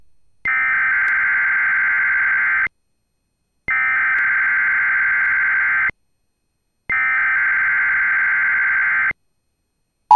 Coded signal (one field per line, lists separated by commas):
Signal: Emergency Alert System (SAME) tones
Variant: header bursts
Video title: [EAS] KEC65 Required Weekly Test September 28 2022